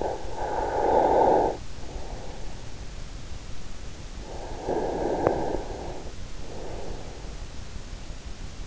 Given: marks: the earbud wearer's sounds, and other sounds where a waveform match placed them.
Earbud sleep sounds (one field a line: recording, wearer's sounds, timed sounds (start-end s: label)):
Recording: sounds in sleep by an in-ear microphone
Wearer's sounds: snoring breath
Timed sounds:
0.00-2.48 s: snoring breath
4.53-7.17 s: snoring breath